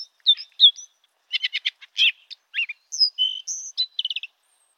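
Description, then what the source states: Brown thrasher song with clipped whistles, a fast buzzy trill of repeated notes, then clear whistles and a short stuttering series. Four short song strings made of repeated motifs, short whistles, glides, buzzes and mimicry.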